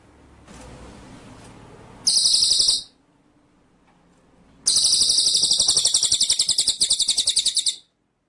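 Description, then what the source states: White-rumped shama song: a short rapid high trill, a pause, then a longer rolling trill of evenly pulsed buzzy notes lasting about three seconds. Masteran (training) track; full rolling (ngerol) and shooting (nembak) song style.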